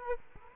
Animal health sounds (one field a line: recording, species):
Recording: mosquito wingbeat signal from an infrared sensor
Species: Culex quinquefasciatus